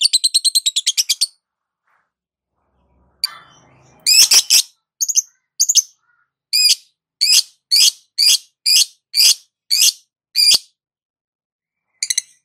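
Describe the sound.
Lovebird calls, a quick burst of high chirps, a pause, then harsh shrill squawks repeated roughly every half second.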